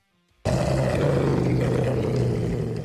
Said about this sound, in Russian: Прорычал серый волк, после чего закрыл пасть и тщательно обнюхал меня. Потом резко вцепился мне в рубашку и порвал ее.